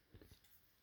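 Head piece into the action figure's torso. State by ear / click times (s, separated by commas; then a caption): not seated / none. The plastic head piece of an MPG 04 Suiken transforming action figure is brought forward toward the figure's torso. A few soft, low handling thumps and rubs are heard between about 0.1 and 0.4 s, then faint background noise. Nothing has seated or clicked yet.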